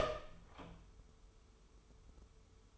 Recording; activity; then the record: daily activity, microphone in the room; open door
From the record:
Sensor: 1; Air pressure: 1015.2 hPa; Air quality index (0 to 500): 163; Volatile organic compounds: 10 ppm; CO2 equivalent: 2262 ppm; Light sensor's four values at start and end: 13/30/12/14 and 13/30/12/13